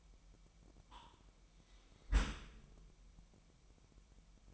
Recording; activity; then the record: daily activity, microphone in the room; close dishwasher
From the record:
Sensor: 1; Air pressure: 998.3 hPa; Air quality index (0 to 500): 140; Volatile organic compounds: 4 ppm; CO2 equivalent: 1670 ppm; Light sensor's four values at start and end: 16/55/22/22 and 16/55/22/22